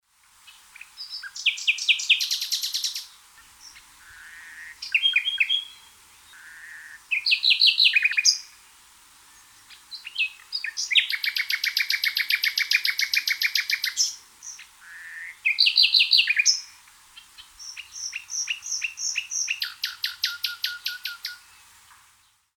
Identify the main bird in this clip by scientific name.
Luscinia megarhynchos